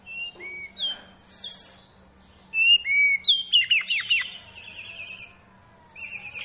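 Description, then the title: Oriental magpie-robin song, scattered clear whistled notes, then a quick run of falling slurred whistles and a long buzzy high note, with quiet gaps between phrases. Two Oriental magpie-robins (kacer) of different character, fired up and singing against each other in full bursts. "Kacer Langsung Tarung Konslet KACER NGOTOT FULL TEMBAKAN. Dua Kacer Berbeda Karakter"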